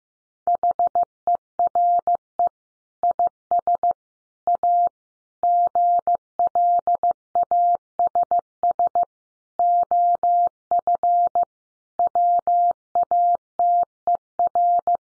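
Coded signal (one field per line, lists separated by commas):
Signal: Morse code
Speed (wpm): 15 wpm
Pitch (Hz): 700 Hz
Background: none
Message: HERE IS A GLASS OF WATER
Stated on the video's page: Morse code practice at 15 wpm: head-copy sentences built from the top 1300 words, each sent in Morse, spoken, then sent again.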